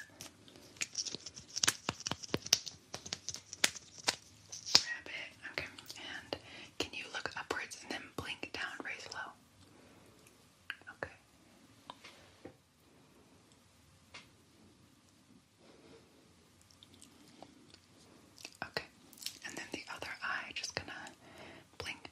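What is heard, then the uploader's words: Makeup being applied quickly: dense bursts of crisp tapping, brushing and clicking sounds, busiest in the first ten seconds and again near twenty seconds. A quieter stretch in the middle carries only scattered soft taps. FAST Makeup Application.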